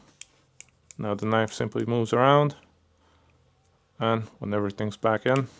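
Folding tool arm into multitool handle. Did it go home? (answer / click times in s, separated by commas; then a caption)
no / none. The folding metal tool arms of a budget multitool are handled and pushed back toward the handle, with a few brief sharp ticks from the parts moving early on while someone talks. Nothing has seated or clicked into place yet.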